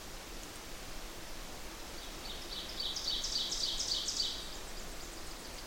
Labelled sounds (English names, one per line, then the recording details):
Ovenbird song
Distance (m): 40 m
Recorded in boreal forest in Alberta, Canada, on 8 June 2016 at 06:12
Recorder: SongMeter 3, array SBT-3-9
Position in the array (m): 50 m, 107 m
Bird 33